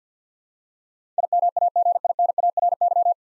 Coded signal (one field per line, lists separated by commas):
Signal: Morse code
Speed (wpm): 50 wpm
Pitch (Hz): 700 Hz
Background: none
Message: IMAGINARY